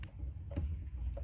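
A fuel line quick connector is pushed onto the outlet of a fuel pump housing on a 2001-2005 Honda Civic LX and clicks into place at 0.0 s. Fainter ticks and handling noises follow around 0.5 s and 1.2 s over a low rumble. The connector is seated and can no longer come off.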